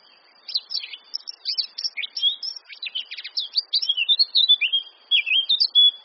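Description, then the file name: Eurasian blackcap song: a fast, scratchy warbling chatter that turns into clearer fluty, whistled phrases toward the end, with short pauses between bursts. "Sylvia atricapilla"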